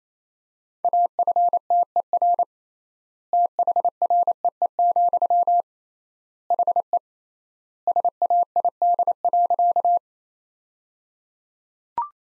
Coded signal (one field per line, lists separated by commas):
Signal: Morse code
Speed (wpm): 28 wpm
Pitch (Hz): 700 Hz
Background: none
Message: AFTER THREE, HE SAID.